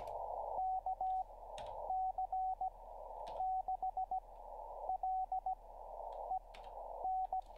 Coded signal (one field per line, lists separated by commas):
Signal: Morse code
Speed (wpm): 17 wpm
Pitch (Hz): 750 Hz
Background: radio noise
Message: KC6LEN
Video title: How To Learn Morse Code LIVE with N0SSC (Day 25)